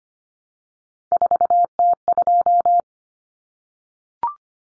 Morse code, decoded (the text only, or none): 4T2